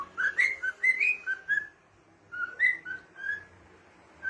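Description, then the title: Cockatiel whistled song in two bursts of short bright notes, rising and falling, separated by a brief pause. "Calopsitas Cantando Assobio"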